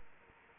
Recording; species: mosquito wingbeat signal from an infrared sensor; Anopheles arabiensis